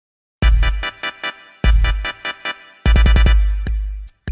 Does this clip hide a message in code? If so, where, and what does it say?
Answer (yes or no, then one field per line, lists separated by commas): no